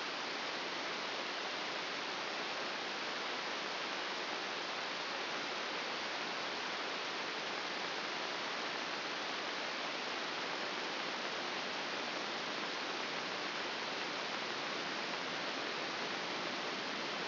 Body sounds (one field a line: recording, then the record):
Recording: brain microelectrode recording played as sound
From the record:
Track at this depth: outside the subthalamic nucleus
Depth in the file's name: 6.201 mm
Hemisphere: right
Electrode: 2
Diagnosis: Parkinson's disease